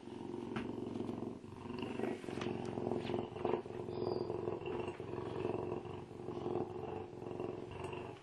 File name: Bobcat